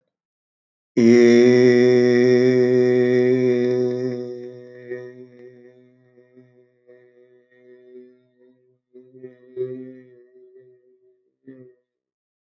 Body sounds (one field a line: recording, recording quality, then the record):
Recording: sustained vowel as in made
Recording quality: excellent, no background noise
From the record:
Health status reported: healthy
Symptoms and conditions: none ticked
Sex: male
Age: 57 years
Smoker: not ticked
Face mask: not worn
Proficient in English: yes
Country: India